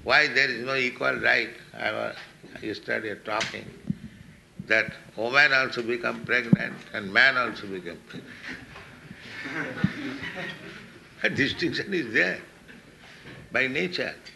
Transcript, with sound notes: Why there is no equal right---I was yesterday talking---that woman also become pregnant and man also become pregnant? [chuckles] That distinction is there by nature.